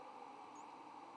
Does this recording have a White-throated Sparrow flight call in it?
no